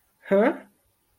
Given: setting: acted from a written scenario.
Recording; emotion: vocal sound without words; interest